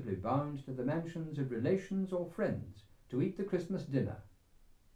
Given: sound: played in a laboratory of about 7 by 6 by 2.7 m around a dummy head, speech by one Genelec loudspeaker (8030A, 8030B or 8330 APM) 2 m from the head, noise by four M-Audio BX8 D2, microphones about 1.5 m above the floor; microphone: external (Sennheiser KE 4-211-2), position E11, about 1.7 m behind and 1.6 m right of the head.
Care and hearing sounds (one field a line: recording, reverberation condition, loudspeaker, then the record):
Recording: male speech in English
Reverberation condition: low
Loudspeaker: behind (180 degrees)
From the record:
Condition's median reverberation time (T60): about 310 ms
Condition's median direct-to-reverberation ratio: about 3.5 dB